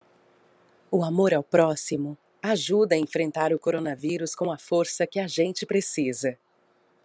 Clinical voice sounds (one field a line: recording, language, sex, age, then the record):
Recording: spoken sentence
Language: Brazilian Portuguese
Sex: female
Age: 40 to 49 years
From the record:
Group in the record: control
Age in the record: 43 years